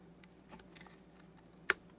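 A small plastic impeller cover is pressed back onto the motor housing of a Fluval 107 aquarium canister filter. A few faint fiddling ticks come first, then one loud, sharp snap at 1.7 s as the cover locks in place.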